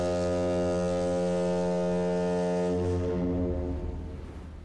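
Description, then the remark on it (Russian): A submarine's horn blares over the foggy sea in one long, steady, deep blast rich with buzzing harmonics, holding loud for about four seconds before trailing off. “Капитан рванул тросик гудка, и туман над морем разорвало трубным звуком.”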